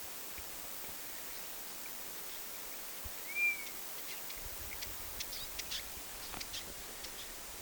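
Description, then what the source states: European honey buzzard gives one brief, thin whistle that rises and drops, amid soft outdoor hiss and faint ticking sounds. 27 August 2026.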